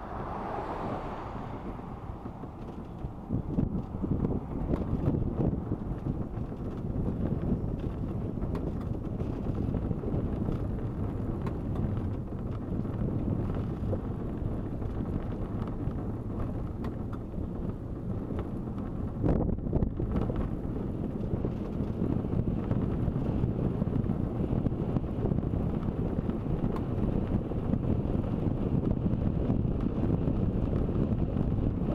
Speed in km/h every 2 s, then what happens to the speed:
13, 14, 15, 15, 16, 18, 18, 19, 19, 21, 22, 23, 23, 23, 24, 22.
0-32 speeds up to 22.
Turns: none.